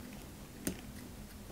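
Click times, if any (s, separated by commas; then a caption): 0.7 s. On a 1/8 scale model Nissan Skyline GT-R, an engraved "Skyline GTR Nissan" plastic cover plate is pressed over the engine block and clips into place. A sharp, short click at 0.7 s marks it seating, followed by a faint tick at 0.8 s over a steady low background hum.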